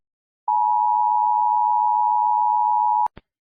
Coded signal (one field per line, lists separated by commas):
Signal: Emergency Alert System (SAME) tones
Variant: 853 and 960 Hz attention tone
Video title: rating basic eas alarms! part 1